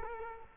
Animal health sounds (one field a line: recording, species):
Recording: mosquito wingbeat signal from an infrared sensor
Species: Culex quinquefasciatus